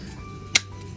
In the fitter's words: はいここロックかかるんですねこんな感じでここでロックがかかるんですねびっくり